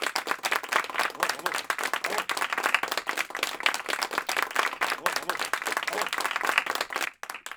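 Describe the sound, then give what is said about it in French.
An audience applauds steadily to welcome two guests, dense overlapping claps forming a loud, even wash of noise for about seven seconds before it abruptly thins out and fades. “Merci de les accueillir sous un tonnerre d'applaudissements.”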